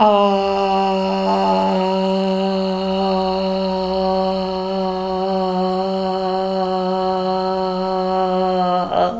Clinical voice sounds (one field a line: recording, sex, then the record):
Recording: sustained vowel /a/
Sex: female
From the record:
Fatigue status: no fatigue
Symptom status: symptomatic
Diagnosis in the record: COVID-19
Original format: m4a